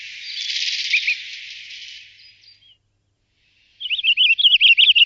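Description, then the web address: Pine grosbeak song: after a hissy stretch and a short pause, a fast, bright warbled phrase of rapid rising and falling notes starts near the end. "jean roche durbec des sapins"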